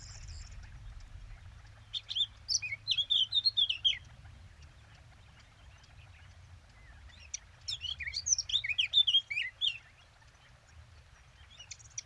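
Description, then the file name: Eurasian blackcap song, two separate warbled phrases a few seconds apart, each a rapid tumble of notes ending in clearer whistles, with a faint low rumble. "Sylvia atricapilla"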